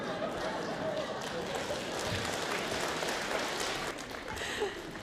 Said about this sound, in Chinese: 对，两段真的是非常的精彩，而且是我们方清平自己执笔写的小段，来再次掌声鼓励一下。